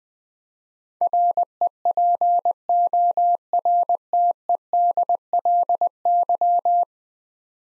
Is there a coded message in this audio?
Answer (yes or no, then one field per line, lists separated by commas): yes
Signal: Morse code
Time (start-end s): 1.0-6.8 s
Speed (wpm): 20 wpm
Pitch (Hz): 700 Hz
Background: none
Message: REPORTEDLY